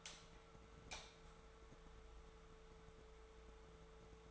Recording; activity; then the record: daily activity, microphone in the room; light on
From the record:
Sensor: 3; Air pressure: 1014.7 hPa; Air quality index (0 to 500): 192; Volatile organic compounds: 23 ppm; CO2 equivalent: 2796 ppm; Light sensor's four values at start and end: 41/103/44/48 and 44/112/48/51